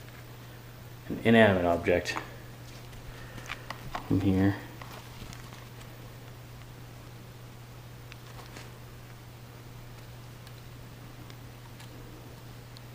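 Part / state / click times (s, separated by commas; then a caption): wire connector half into its mating connector / not seated / none. A wire connector half is handled against its mating plastic power connector on the 48V LiFePO4 electric tricycle's battery wiring, with a steady low hum underneath. Someone talks briefly near the start and again around 4 seconds, with faint handling taps in between. Nothing has seated or clicked yet.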